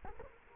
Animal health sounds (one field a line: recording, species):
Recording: mosquito wingbeat signal from an infrared sensor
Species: Culex quinquefasciatus